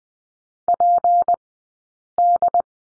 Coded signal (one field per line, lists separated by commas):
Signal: Morse code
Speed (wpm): 20 wpm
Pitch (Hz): 700 Hz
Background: none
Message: PD